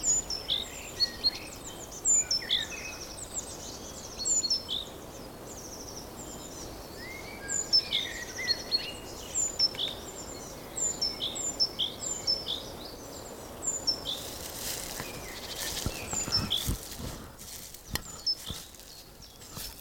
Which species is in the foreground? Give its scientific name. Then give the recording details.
Parus major. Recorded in the wild. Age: adult. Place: Mühlenbeck, am Tegeler Fließ, Brandenburg, DE. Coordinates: 52.6, 13.282. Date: 1992-04-11 14:25. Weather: heiter, 14°C, Wind. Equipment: Nagra SN, Mikrofon AKG CK 8, Kopie Tesla B 116. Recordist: Tembrock, Günter. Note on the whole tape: Teiche und Fließtal bei Mühlenbeck; etwas ungewöhnliche Rufreihen